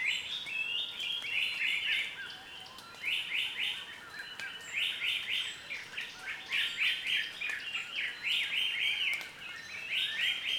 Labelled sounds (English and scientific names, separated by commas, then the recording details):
Red-capped Robin-chat (Cossypha natalensis)
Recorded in Kibale, Uganda